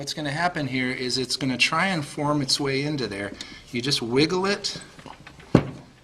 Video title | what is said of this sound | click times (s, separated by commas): How to Install "D" Rings on a Wilden® Advanced Series Pump | you feel it pop into place it's pretty apparent when it does | 5.5 s